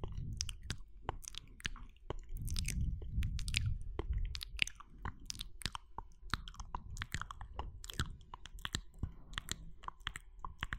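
Wet mouth sounds: quick smacks, clicks and tongue pops come in a dense, irregular stream, some sharp and bright. A soft low rumble of breath or movement sits underneath, heavier in the first four seconds, then thinning as the clicks carry on.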